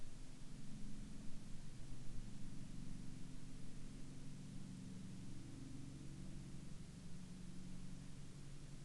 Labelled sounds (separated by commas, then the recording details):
aircraft
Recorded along the Dempster Highway, Canada, on 23 October 2020 at 16:02
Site 16